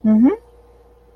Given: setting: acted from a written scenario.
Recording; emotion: vocal sound without words; romantic love